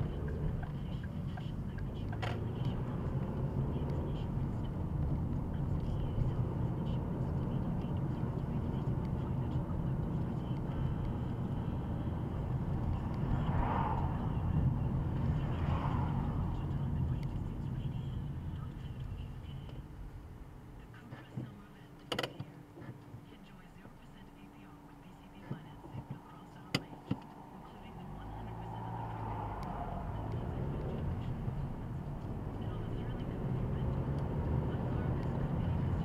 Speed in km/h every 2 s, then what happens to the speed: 23, 29, 32, 35, 34, 32, 31, 27, 15, 2, 0, 0, 0, 2, 13, 21, 31, 34.
0-5 speeds up to 35. 5-18 slows to 2. 18-26 standing. 26-36 pulls away to 34.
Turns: none.